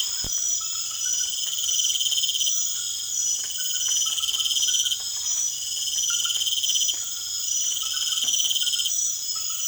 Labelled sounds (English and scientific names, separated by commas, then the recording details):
none
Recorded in secondary vegetation near Puerto Asís, Putumayo, Colombia, on 27 June 2025
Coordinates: 0.488, -76.319
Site G094